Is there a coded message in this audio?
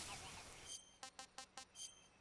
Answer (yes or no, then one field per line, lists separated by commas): no